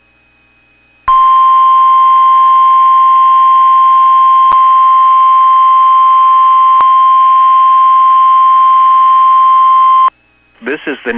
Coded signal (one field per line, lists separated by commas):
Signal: Emergency Alert System (SAME) tones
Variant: 1050 Hz attention tone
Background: speech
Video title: [EAS] 2024 Minnesota Statewide Tornado Drill (Daytime Drill) from NOAA Weather Radio Station WXM99